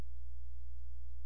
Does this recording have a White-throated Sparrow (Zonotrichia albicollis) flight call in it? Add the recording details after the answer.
no. No flight call is heard. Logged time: 00:15 on 16 September 2014